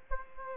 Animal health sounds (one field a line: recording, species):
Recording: mosquito wingbeat signal from an infrared sensor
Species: Aedes aegypti